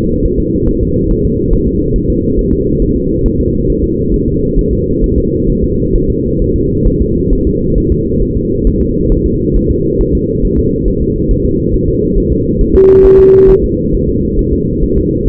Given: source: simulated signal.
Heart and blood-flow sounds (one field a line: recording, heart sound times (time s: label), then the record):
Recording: fetal heart sounds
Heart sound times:
0.26 s: S1
0.40 s: S2
0.68 s: S1
0.83 s: S2
1.11 s: S1
1.25 s: S2
1.53 s: S1
1.68 s: S2
1.96 s: S1
2.10 s: S2
2.39 s: S1
2.53 s: S2
2.82 s: S1
2.96 s: S2
3.26 s: S1
3.40 s: S2
3.70 s: S1
3.84 s: S2
4.14 s: S1
4.28 s: S2
4.59 s: S1
4.73 s: S2
5.04 s: S1
5.18 s: S2
5.50 s: S1
5.64 s: S2
5.96 s: S1
6.10 s: S2
6.42 s: S1
6.56 s: S2
6.87 s: S1
7.02 s: S2
7.33 s: S1
7.47 s: S2
7.78 s: S1
7.92 s: S2
8.22 s: S1
8.37 s: S2
8.67 s: S1
8.81 s: S2
9.12 s: S1
9.26 s: S2
9.56 s: S1
9.71 s: S2
10.01 s: S1
10.15 s: S2
10.45 s: S1
10.59 s: S2
10.88 s: S1
11.02 s: S2
11.31 s: S1
11.45 s: S2
11.74 s: S1
11.88 s: S2
12.18 s: S1
12.32 s: S2
12.61 s: S1
12.75 s: S2
13.05 s: S1
13.20 s: S2
13.50 s: S1
13.64 s: S2
13.94 s: S1
14.09 s: S2
14.39 s: S1
14.53 s: S2
14.83 s: S1
14.98 s: S2
15.28 s: S1
From the record:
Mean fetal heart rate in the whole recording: 135 bpm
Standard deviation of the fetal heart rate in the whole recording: 3 bpm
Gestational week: 36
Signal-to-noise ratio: -14.7 dB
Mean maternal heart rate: 72 bpm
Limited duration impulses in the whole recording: present